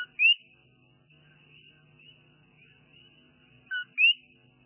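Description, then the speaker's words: Coquí frog giving two clear two-note calls, a brief lower note leaping to a bright rising whistle, separated by several seconds of soft steady background tone. Small frog of genus Eleutherodactylus, one of 16 Puerto Rican species; its song represents Puerto Rico; sings tirelessly in the least sunny hours, forming choruses typical of Puerto Rican nights. "Es el canto del coquí."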